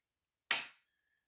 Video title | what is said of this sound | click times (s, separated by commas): CGR1240 Training Series: Replace CAM1 Card | So we just simply press this connector down until we hear a very audible click. | 0.5 s